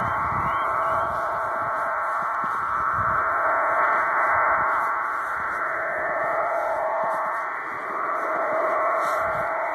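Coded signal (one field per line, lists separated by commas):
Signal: numbers station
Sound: steady wideband rushing digital hiss, filling the clip, with no spoken numbers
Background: radio static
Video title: Cuban Spy numbers 9240 kHz USB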